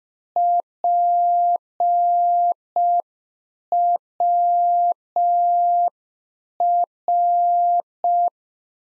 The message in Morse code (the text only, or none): PWR